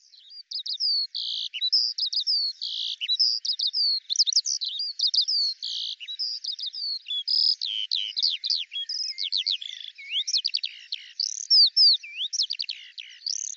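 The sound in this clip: Eurasian skylark in a nonstop high warbling song of chirps, buzzes, and sweeping rising and falling whistles that grows more varied toward the end.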